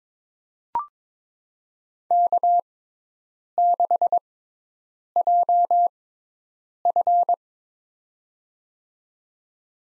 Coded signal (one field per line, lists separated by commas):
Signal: Morse code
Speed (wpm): 22 wpm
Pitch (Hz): 700 Hz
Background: none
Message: K6JF